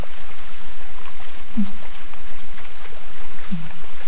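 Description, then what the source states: Fin whale pulses: two short, low downswept thumps about two seconds apart over constant hissing, crackling background noise. Recording sped up ten times.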